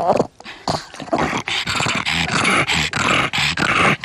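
A pug barks and grumbles in a quick run of loud, gruff bursts, its noisy snorting yaps coming one after another with only brief pauses for about four seconds.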